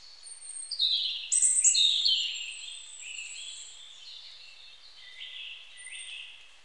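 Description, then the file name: European robin delivering one long, fluid phrase of high warbled and trilled notes, gradually fading toward the end. "Erithacus rubecula"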